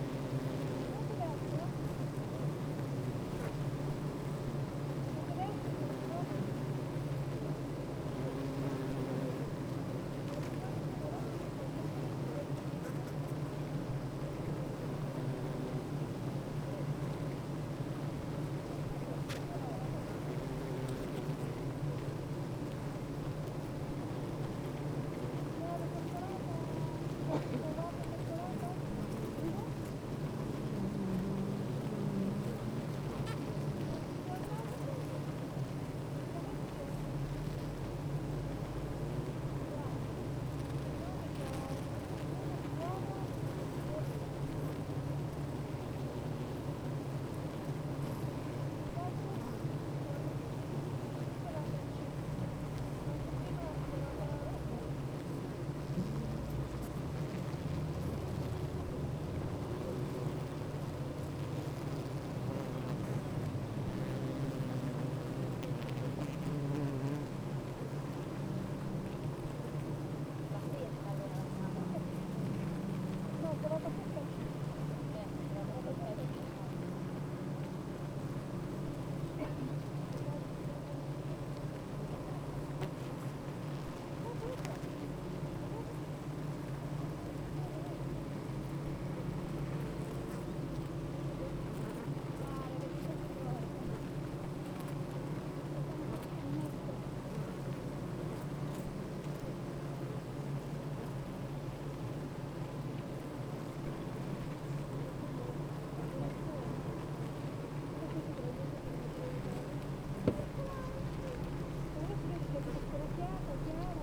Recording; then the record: honeybee colony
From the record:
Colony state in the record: active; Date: 28 July 2017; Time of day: 8:22